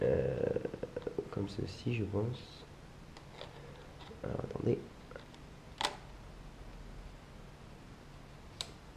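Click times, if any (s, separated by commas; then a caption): 8.6 s. Someone talks while lining up the white mark on a kit lens with the white mark on the mount of a Canon EOS 700D DSLR body, then turns the lens, with a few faint handling clicks along the way. One sharp click at 8.6 s marks the lens locking onto the mount, properly engaged.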